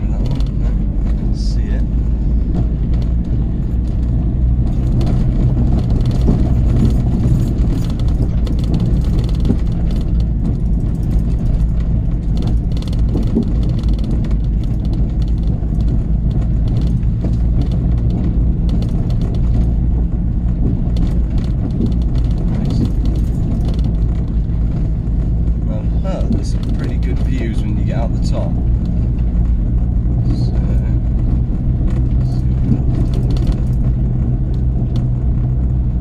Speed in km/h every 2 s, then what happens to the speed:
13, 15, 23, 23, 23, 23, 23, 23, 23, 23, 24, 23, 23, 24, 24, 26, 26, 26.
0-4 speeds up to 23. 4-36 steady at about 23.